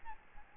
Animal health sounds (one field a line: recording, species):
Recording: mosquito wingbeat signal from an infrared sensor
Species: Aedes albopictus